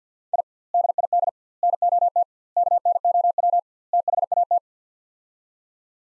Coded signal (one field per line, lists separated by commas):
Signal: Morse code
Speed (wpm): 50 wpm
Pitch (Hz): 700 Hz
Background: none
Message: I DID NOT KNOW THAT